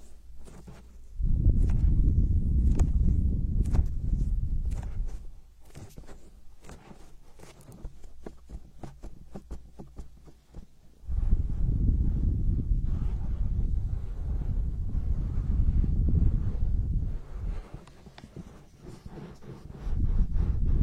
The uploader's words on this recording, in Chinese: 手部按摩4（声控助眠）。